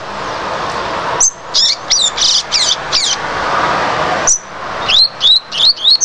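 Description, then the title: Double-collared seedeater song: loud whistled notes in two quick runs, sharp slurred syllables repeated several times per second, over a constant hiss. "Canto Coleiro"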